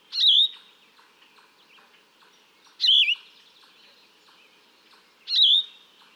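Yellow-throated vireo singing short, burry, slurred phrases, three in all, repeated about every two and a half seconds, with faint ticking sounds between.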